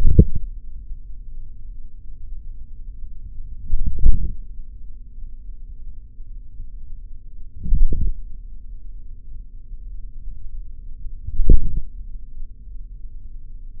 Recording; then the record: forearm muscle sounds (acoustic myography)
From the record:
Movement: forearm supination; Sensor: system 3, bracelet of six PUI Audio POM-2738L microphones around the upper forearm, with dedicated amplification and filtering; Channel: 4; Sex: male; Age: 26 years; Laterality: right